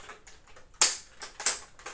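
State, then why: Seated. A small plastic part of an Altaya Megazord model is unfolded and snapped into its clip socket inside the robot's body. After a few faint ticks, a sharp, bright snap at 0.8 s marks the part seating into place, followed by a few lighter plastic clicks.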